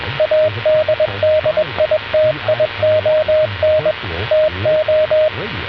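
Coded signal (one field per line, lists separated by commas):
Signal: Morse code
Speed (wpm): 21 wpm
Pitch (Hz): 620 Hz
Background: radio noise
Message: ADDITION TO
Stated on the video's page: Experimental AM-modulated CW on the VLF band at 10 kHz, received with the QUISK SDR app.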